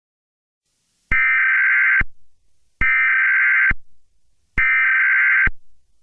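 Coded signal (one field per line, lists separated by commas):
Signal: Emergency Alert System (SAME) tones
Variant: header bursts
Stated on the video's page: Simulated EAS scenario, not a real alert.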